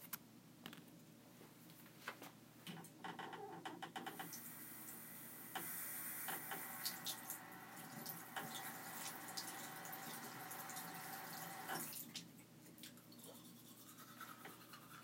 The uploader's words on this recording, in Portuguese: Asmr escovando os dentes pra dormir.